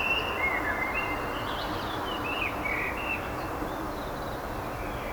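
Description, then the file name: Common blackbird giving a series of short fluty whistled phrases, some rising and warbled, over a steady broad background hiss. "Turdus merula"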